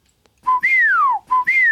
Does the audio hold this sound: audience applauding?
no